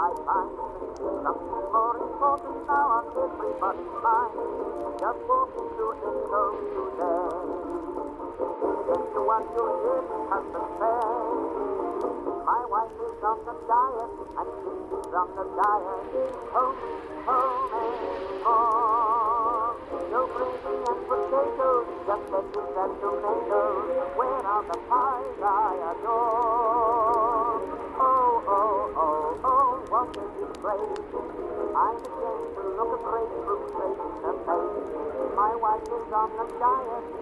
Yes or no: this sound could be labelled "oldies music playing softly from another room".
yes